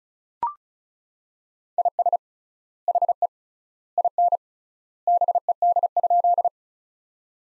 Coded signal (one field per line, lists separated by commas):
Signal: Morse code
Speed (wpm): 34 wpm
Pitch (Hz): 700 Hz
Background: none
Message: IS HE IN BED?